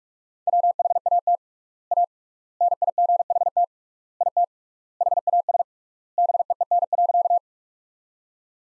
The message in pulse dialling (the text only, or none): none